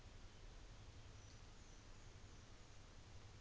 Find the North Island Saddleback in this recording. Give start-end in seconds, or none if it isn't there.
none